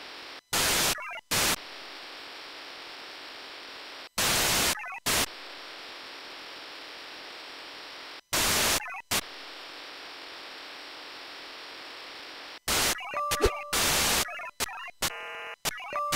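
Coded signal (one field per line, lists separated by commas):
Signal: HF data modem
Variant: VARA FM wide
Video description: Testing VARA-FM wide-mode communications on a tabletop with two radios connected to two separate sets of VARA-FM modem and VarAC application on the same PC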